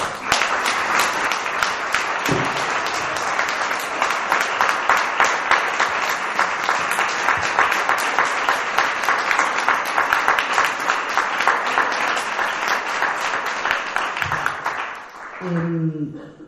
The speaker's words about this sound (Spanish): brindar hacia todos ellos y ellas, hacia todas las lesbianas que han luchado y que luchan, a todas las amorosas amantes que estamos acá, para todos, para todos, para todos, un fraterno y amoroso aplauso de todas nosotras.